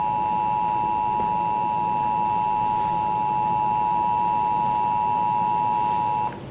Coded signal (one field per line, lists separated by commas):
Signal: Emergency Alert System (SAME) tones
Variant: 853 and 960 Hz attention tone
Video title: Sage ENDEC alert to TFT EAS911 - Demo EAS Alert